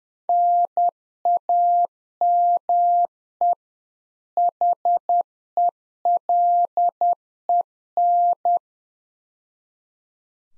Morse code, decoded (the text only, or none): NAME HELEN